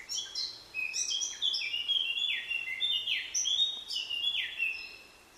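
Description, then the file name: Eurasian blackcap song of clear, loud fluty notes, several sweeping downward, repeated in quick phrases over about five seconds. "Sylvia atricapilla"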